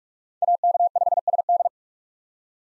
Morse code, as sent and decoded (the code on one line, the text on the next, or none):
.- -.- ..... ... -..
AK5SD